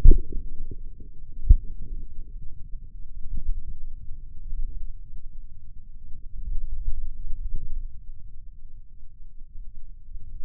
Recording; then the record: forearm muscle sounds (acoustic myography)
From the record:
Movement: finger pinch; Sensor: system 2, bracelet of six BSWA MPA416 microphones around the upper forearm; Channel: 2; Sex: male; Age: 22 years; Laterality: right